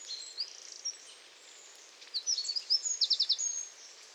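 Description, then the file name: Eurasian wren gives a few faint high notes, then a louder burst of sharp, repeated high notes, over gentle background hiss. "Troglodytes troglodytes"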